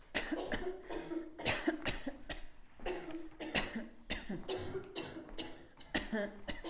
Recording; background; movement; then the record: voluntary coughing; a bystander coughing; walking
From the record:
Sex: female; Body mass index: 25.5 kg/m2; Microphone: on the chest, facing outward